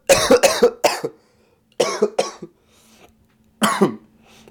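Three bouts of short, harsh coughs from a young man, the first a rapid run of about five or six bursts, then shorter groups of two or three, with quiet pauses between. A plain cough, a sound effect.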